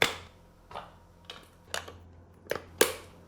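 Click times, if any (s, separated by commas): 0.0 s, 2.8 s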